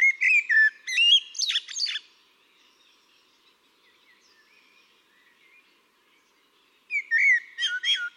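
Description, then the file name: Eurasian blackbird sings two phrases of fluty warbling with squeaky high endings, separated by several seconds of near-silence. "Turdus merula"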